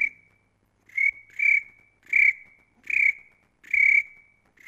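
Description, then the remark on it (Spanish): A cricket chirps in steady, evenly spaced bursts, six trilling high-pitched pulses about a second apart, with quiet gaps between them and no voices. “el grillo, el grillo.”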